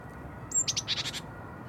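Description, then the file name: Small birds giving a quick burst of high, rapid chirps, opening with a thin whistled note over faint low hum. Small birds recorded in a nest. "freesound small birds in nest"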